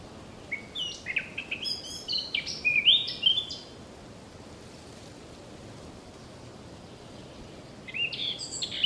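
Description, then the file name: Eurasian blackcap song: a few seconds of jumbled warbling and whistles, a long silent gap, then a new phrase starting up. "Sylvia atricapilla"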